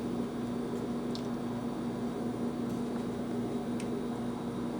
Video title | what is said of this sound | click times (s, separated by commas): Icarsoft POR II review - Porsche Cayman 987 | It kind of just pops out like kind | 1.1 s